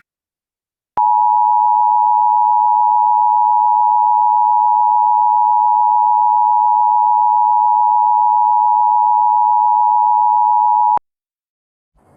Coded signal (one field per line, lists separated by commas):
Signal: Emergency Alert System (SAME) tones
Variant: 853 and 960 Hz attention tone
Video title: The Great South Blizzard- EAS Scenario (REMAKE)